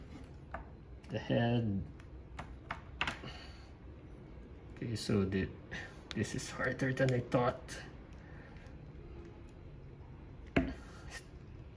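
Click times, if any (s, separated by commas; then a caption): none. Someone talks while pressing a plastic head or neck piece onto an action figure, with short sharp handling taps heard between the speech and one loud snap-like tap near the end. The head piece has not clicked on yet; it fails to seat with a click, and the job proves harder than expected.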